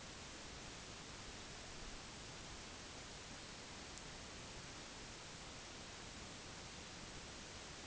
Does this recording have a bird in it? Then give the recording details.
no. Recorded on Arctic tundra, site NAIT-1, on 30 June 2019. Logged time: 06:00